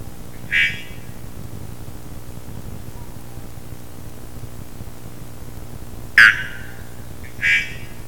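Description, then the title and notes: Three-wattled bellbird song: three short, loud, abrupt notes, one near the start and two more close together near the end, over steady low background hiss. Adult male, Panamanian dialect; recorded 28 May 1998 on a clear, sunny day at forest edge, 1600 m elevation, Muñeco de Orosi, Cartago Province. "Canto del Procnias tricarunculata (pájaro campana). Macho adulto, dialecto panameño. Grabado el 28 de mayo de 1998. Locación: A 1600mts de elevación. Borde del bosque. Día claro, asoleado. Muñeco de Orosi. Provincia de Cartago."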